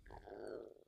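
A brief, low, gurgling rumble lasting under a second: ordinary stomach growling from gut gas and fluid moving in an adult's abdomen.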